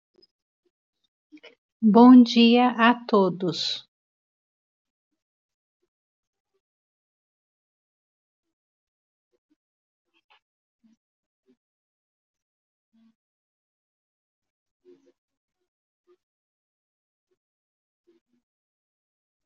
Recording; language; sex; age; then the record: spoken sentence; Brazilian Portuguese; female; 40 to 49 years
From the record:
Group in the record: control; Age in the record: 49 years